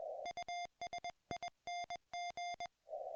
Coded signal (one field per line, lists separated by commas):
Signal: Morse code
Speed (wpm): 21 wpm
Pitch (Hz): 2100 Hz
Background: music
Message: USING